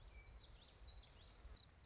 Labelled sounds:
Common Yellowthroat (Geothlypis trichas)
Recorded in Sonoma County, California

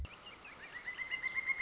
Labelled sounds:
Pileated Woodpecker (Dryocopus pileatus)
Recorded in Sonoma County, California

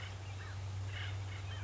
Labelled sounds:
Acorn Woodpecker (Melanerpes formicivorus)
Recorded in Sonoma County, California

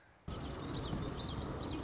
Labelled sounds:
Common Yellowthroat (Geothlypis trichas)
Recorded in Sonoma County, California

